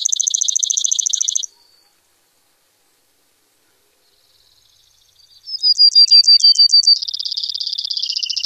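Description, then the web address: Brewer's sparrow song of high buzzy trills: a short rapid trill, a pause, then a slower trill of distinct notes running into a fast dry buzz. Recorded in North America. "Songs of Birds of North America Stokes. Brewers Sparrow"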